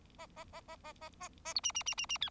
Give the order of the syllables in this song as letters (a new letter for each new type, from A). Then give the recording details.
A A A A A A A A B C C C C C D. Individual Bird4